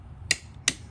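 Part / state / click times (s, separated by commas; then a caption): torque wrench on coupling bolt / torque reached / 0.3 s, 0.7 s. A torque wrench tightens the bottom coupling bolt on a 2016 Segway X2 until it reaches its set value of 29.5 lb. Two sharp, bright clicks sound at 0.3 s and 0.7 s over a quiet low hum. This confirms the wrench clicked at the set torque.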